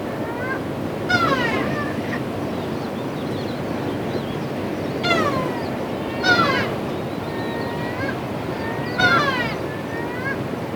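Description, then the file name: Gulls crying in scattered mewing calls, four louder bursts spaced a few seconds apart with fainter calls between, over constant low background noise. In Oman. "Gaviotas Oman"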